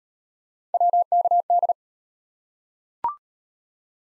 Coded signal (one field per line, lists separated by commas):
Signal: Morse code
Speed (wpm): 38 wpm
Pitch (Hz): 700 Hz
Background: none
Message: WKD